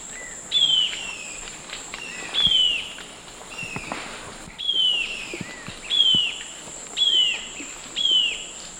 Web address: Natures Songs S America Eastern Lowlands White-eared Jacamar